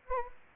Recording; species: mosquito wingbeat signal from an infrared sensor; Anopheles gambiae